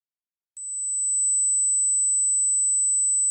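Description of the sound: A steady, very high-pitched pure ringing tone near 8 kHz, starting after a brief silence: a simulation of pure-tone tinnitus, the most common type, usually heard in both ears or in the center of the head.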